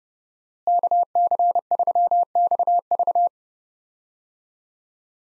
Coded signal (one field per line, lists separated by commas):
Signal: Morse code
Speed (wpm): 30 wpm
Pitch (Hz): 700 Hz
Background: none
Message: KC3XV